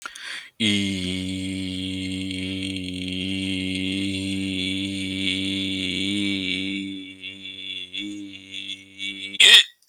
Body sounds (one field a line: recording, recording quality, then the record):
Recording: sustained vowel as in beet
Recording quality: moderate, slight background noise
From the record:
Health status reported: healthy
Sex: male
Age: 36 years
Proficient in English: yes